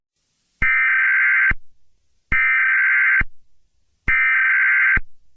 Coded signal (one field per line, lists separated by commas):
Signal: Emergency Alert System (SAME) tones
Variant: header bursts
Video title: EAS Scenario #18: Trevor Philips Rampage.